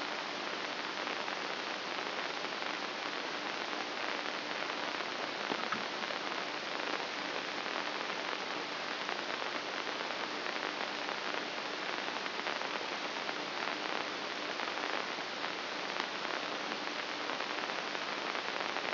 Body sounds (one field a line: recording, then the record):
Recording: brain microelectrode recording played as sound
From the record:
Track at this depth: outside the subthalamic nucleus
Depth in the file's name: 1.938 mm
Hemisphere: left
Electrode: 2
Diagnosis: Parkinson's disease